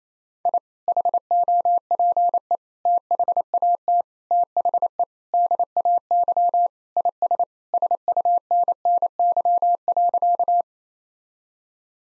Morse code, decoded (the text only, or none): I HOPE THAT THE DAY IS SUNNY.